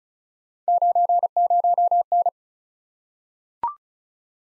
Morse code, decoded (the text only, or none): 90N